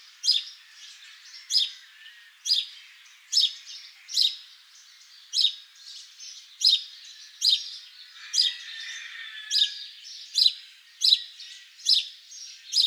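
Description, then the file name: House sparrow chirps repeated about once a second in an uneven run, with a softer burst of chatter partway through. "Passer domesticus"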